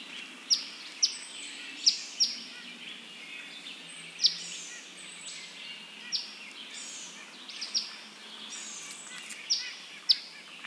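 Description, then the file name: Eastern phoebe giving a series of high, sharp chips at irregular intervals, with other faint high notes and a steady hiss. "Eastern Phoebe - Sayornis phoebe"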